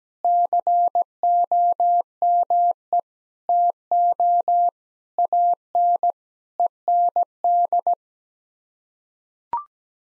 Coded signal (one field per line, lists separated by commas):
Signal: Morse code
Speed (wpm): 17 wpm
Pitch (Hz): 700 Hz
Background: none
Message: COME TO AN END